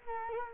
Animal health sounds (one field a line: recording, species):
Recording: mosquito wingbeat signal from an infrared sensor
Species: Culex quinquefasciatus